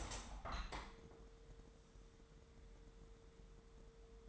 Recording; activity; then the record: daily activity, microphone in the room; open window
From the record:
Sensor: 3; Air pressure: 999.8 hPa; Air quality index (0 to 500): 224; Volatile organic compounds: 91 ppm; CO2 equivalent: 3695 ppm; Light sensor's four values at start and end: 9/22/9/9 and 10/23/10/9